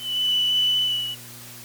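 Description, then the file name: Varied Thrush song: one sustained whistled tone that holds level for about a second and then stops, with a faint low hum underneath. "1988-02-05 Varied Thrush"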